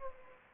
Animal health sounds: mosquito wingbeat signal from an infrared sensor; Anopheles gambiae

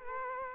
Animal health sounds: mosquito wingbeat signal from an infrared sensor; Culex quinquefasciatus

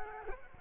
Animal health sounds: mosquito wingbeat signal from an infrared sensor; Culex quinquefasciatus

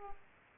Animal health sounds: mosquito wingbeat signal from an infrared sensor; Aedes aegypti

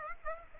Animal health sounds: mosquito wingbeat signal from an infrared sensor; Aedes aegypti

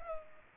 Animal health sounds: mosquito wingbeat signal from an infrared sensor; Culex pipiens

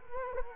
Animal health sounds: mosquito wingbeat signal from an infrared sensor; Culex quinquefasciatus

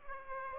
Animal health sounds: mosquito wingbeat signal from an infrared sensor; Aedes aegypti

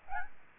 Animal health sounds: mosquito wingbeat signal from an infrared sensor; Aedes albopictus

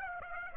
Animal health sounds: mosquito wingbeat signal from an infrared sensor; Aedes aegypti

